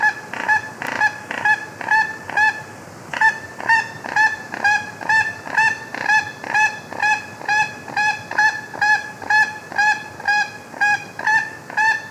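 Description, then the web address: Plate-billed mountain toucan giving nasal, honking calls, a steady series of about two notes per second with rich harmonics throughout. Recorded in Ecuador. "Birds of Ecuador. Plate-billed Mountain-Toucan"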